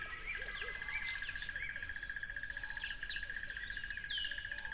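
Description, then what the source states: Cricket trill, an even rapid pulsing held throughout, with scattered bird chirps and whistles. At a lively tropical river.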